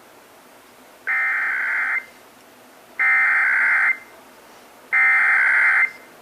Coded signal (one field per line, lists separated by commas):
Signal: Emergency Alert System (SAME) tones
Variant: header bursts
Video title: (EAS #1,091-1,098) August 2026 Texas Required Monthly Test